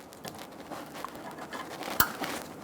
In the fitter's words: Install the connector. Push until you hear a click.